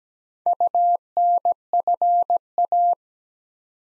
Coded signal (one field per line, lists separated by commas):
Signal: Morse code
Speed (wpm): 17 wpm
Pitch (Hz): 700 Hz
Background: none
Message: UNFA